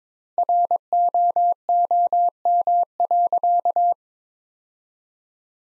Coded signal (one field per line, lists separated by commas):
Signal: Morse code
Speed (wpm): 22 wpm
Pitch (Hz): 700 Hz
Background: none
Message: ROOM.